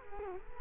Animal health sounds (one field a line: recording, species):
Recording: mosquito wingbeat signal from an infrared sensor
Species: Culex quinquefasciatus